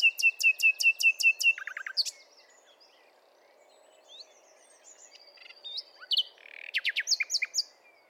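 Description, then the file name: Common nightingale singing: a series of loud repeated whistled notes, a brief rattling run, a quiet pause, then sharp chirps and fast repeated phrases. "Luscinia megarhynchos"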